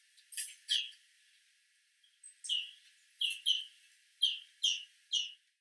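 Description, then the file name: European greenfinch giving sharp chirping calls: a quick pair, a pause, then a run of unevenly spaced chirps. "Chloris chloris"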